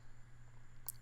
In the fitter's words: the fit on these is fantastic by the way uh they click in place with quite a bit of authority